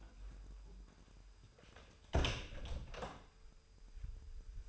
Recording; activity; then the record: daily activity, microphone in the room; close door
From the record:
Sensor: 2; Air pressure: 996.0 hPa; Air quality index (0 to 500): 42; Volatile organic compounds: 1 ppm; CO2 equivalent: 756 ppm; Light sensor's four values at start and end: 12/27/12/12 and 11/27/11/12